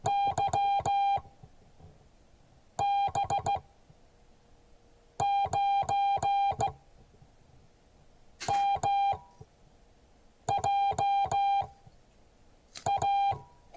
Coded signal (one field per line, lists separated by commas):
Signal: Morse code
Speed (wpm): 15 wpm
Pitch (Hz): 800 Hz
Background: music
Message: YB9MJA